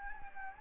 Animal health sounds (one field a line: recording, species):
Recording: mosquito wingbeat signal from an infrared sensor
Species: Anopheles gambiae